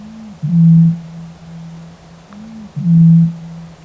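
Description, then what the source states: Eurasian bittern booming: a very low, hollow, foghorn-like boom, each preceded by a short soft intake note, given twice. Call sounds like blowing across the neck of a bottle; heard in reeds along a nature trail on a summer evening.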